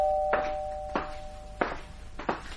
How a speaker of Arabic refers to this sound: إيه ده؟ ده مين المجنون ده اللي بيرن الجرس بالشكل ده؟ ما أقوم أفتح وأشوف.